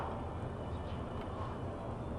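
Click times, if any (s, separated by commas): none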